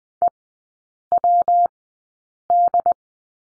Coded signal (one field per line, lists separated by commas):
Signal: Morse code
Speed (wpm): 20 wpm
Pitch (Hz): 700 Hz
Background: none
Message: EWD